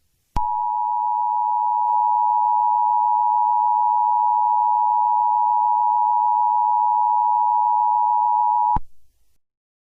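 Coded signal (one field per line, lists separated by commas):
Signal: Emergency Alert System (SAME) tones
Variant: 853 and 960 Hz attention tone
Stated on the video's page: Fictional EAS scenario with valid EAS tones.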